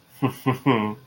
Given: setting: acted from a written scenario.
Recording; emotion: vocal sound without words; romantic love